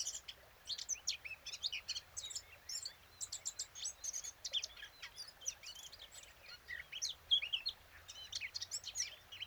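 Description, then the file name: Eurasian blackcap song, a fairly soft, continuous chatter of quick scratchy and whistled notes with a few brief pauses, over faint background noise. "Sylvia atricapilla"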